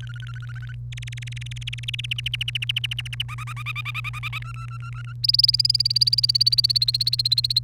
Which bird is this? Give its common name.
Domestic Canary